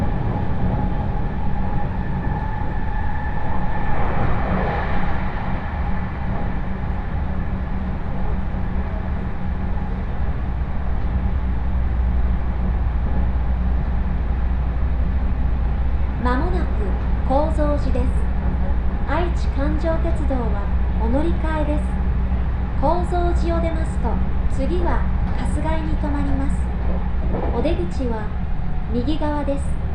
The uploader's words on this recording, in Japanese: 耳で楽しむ鉄道旅 中央西線 恵那→高蔵寺。315系電車が中央本線でデビューしたものの中々乗る機会が無かったのですが、ようやく当たりました。